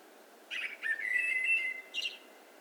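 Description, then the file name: Eurasian blackbird song: a clear fluted whistle with a sharp buzzy start, followed by a short high squeaky flourish. "Turdus merula"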